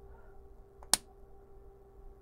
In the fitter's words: and click there you